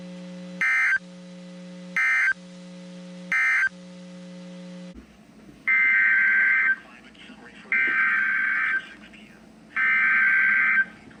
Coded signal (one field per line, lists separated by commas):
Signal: Emergency Alert System (SAME) tones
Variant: header bursts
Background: speech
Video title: EAS 2442-2447 (2/2/24)